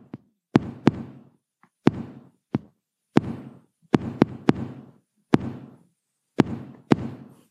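Knocking that imitates an adult heartbeat in atrial fibrillation: the knocks come at totally irregular, disordered intervals, some single and some in close pairs, with no steady rhythm.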